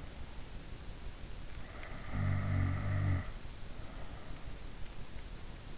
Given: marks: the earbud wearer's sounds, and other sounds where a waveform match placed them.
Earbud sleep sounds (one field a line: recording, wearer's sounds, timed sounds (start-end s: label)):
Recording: sounds in sleep by an in-ear microphone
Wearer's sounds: snoring breath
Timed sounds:
1.52-3.64 s: snoring breath